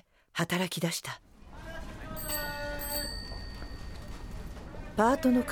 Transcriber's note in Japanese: 自転車のベルなど、町の様子